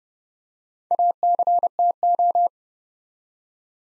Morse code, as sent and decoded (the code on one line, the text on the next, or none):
.- -.-. - ---
ACTO